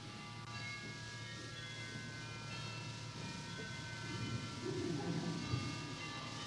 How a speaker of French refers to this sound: Ils n'ont pas bientôt fini de nous casser les oreilles avec leurs cloches.